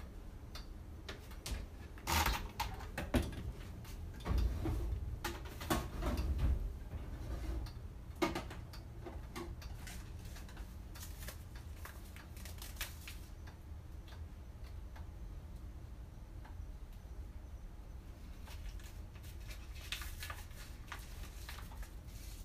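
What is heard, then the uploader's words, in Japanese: Okonomiyaki cooking on a griddle, with sharp clicks and taps of a spatula against the hot plate scattered throughout. The first seven seconds are busiest and loudest, over a low steady rumble and faint sizzle. After that it settles into quieter, sparser ticks. お好み焼きを焼く。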